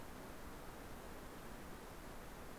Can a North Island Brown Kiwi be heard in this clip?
no